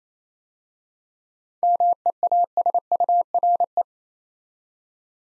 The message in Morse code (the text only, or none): MEASURE